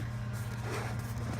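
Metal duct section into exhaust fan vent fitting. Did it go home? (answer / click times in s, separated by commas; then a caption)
no / none. A metal twist-lock duct section is handled at an exhaust fan vent fitting, turned toward its locking position. A steady low hum and broadband noise run through the clip with no sharp ticks. Nothing has seated or clicked yet.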